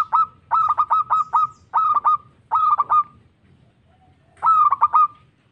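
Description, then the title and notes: Zebra dove song delivered in quick succession, several stuttering coo phrases one after another, then a pause and one more phrase. Local bird. "Kicau Perkutut Lokal. Kicau Burung Perkutut"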